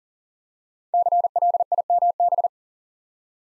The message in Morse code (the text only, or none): CLIMB